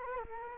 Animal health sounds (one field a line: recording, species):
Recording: mosquito wingbeat signal from an infrared sensor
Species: Culex quinquefasciatus